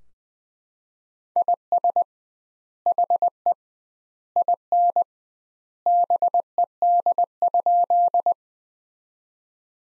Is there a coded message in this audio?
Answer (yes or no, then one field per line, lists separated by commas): yes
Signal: Morse code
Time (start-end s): 1.4-8.3 s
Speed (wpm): 20 wpm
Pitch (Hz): 700 Hz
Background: none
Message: IS HE IN BED?